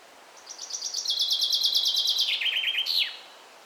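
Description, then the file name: Common chaffinch: a cascade of rapid notes that gets louder, drops in pitch, and ends in an abrupt flourish about three seconds in. "Fringilla coelebs"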